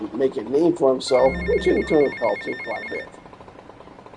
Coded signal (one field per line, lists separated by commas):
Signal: none